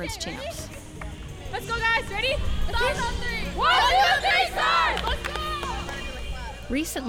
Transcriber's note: Team yelling, ‘Stars on 3.. 1, 2, 3 STARS